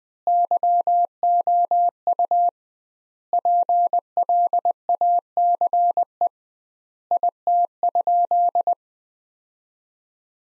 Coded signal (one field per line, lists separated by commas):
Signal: Morse code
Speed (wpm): 20 wpm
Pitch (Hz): 700 Hz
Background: none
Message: YOU PLACE IT?